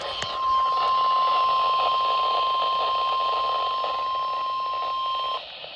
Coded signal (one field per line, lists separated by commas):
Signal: Emergency Alert System (SAME) tones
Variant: 1050 Hz attention tone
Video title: Imagine mpx eas alerts from 7/26/23 eas 658-662￼